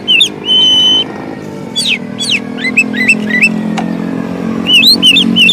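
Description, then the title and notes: Oriental magpie-robin song: a held whistle, then repeated downslurred and hooked whistled notes over steady engine-like background noise. Long-duration song for training caged birds to sing ('gacor') day and night. "Kacer Jadi Gacor Siang Malam. Isian Kacer Durasi Panjang"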